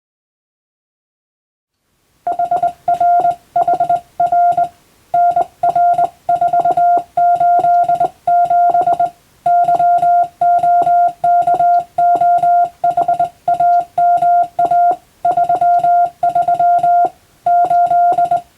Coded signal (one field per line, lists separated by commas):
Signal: Morse code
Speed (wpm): 20 wpm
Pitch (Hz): 700 Hz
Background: music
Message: HRHR NR487 YOKOHAMA 33 8